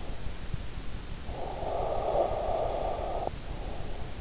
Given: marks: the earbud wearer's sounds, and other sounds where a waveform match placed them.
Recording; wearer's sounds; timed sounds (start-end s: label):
sounds in sleep by an in-ear microphone; breath
1.16-3.67 s: breath